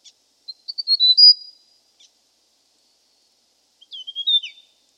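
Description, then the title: Hill prinia calls: a short run of high chirps, then a brief downslurred twitter after a pause. "prenjk gnung. Suara burung prenjak gunung"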